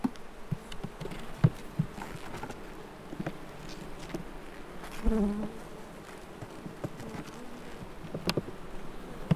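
A steady, dense hum of many honeybees buzzing around an open hive as its frames, one full of bee brood laid in an oval, are inspected, with scattered clicks and light knocks of frames or handling over the continuous drone; no one speaks.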